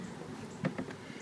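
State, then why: Seated. A PVC pipe is lined up and pushed into a PVC fitting on the base of a balloon column stand. It clicks into place at about 0.6 s, followed by two softer taps at 0.8 s and 0.9 s. The pipe is seated in the fitting.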